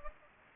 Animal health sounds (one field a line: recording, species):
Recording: mosquito wingbeat signal from an infrared sensor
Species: Anopheles gambiae